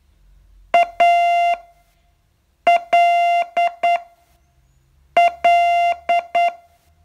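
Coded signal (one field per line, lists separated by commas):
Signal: Morse code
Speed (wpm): 9 wpm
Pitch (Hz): 690 Hz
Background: none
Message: ALL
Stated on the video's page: Morse training lesson, day 41 of a 42-day course.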